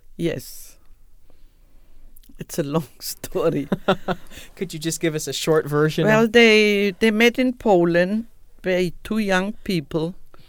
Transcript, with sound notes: Yes! It's a long story [Laughs] Can you just give us a short version?
Well they met in Poland very --- two young people